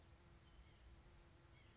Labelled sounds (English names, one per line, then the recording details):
White-breasted Nuthatch
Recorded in Sonoma County, California